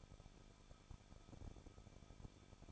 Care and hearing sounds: daily activity, microphone in the room; no activity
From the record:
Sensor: 5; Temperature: 20.8 degrees Celsius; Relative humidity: 38.6%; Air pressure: 1006.5 hPa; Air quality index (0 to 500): 192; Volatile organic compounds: 21 ppm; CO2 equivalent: 2716 ppm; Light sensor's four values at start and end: 2/3/1/1 and 2/3/1/1

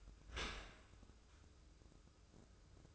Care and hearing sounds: daily activity, microphone in the room; open dishwasher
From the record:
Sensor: 2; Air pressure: 995.8 hPa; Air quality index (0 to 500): 97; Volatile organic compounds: 5 ppm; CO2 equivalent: 1795 ppm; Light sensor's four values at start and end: 25/81/32/31 and 25/81/32/31

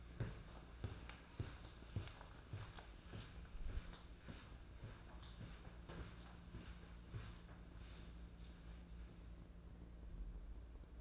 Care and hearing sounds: daily activity, microphone in the room; walk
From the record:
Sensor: 2

